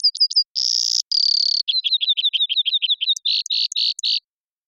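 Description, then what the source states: Brewer's sparrow song: a few high chips and two long buzzy trills, then a string of quick notes and several short buzzes. Several males singing or counter-singing in a high subalpine sagebrush meadow in the Okanogan Mountains, sagebrush steppe of North America; mirthful, playful, bubbling song.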